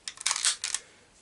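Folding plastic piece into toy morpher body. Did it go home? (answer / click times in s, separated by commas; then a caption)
yes / 0.3 s, 0.6 s. Folded plastic pieces of a Power Rangers Wild Force Growl Phone Morpher toy are tucked in and clipped into the morpher body during its transformation. A quick series of sharp plastic clicks and rattles is heard, with the clicks at 0.3 s and 0.6 s as the pieces clip into place. The parts are seated.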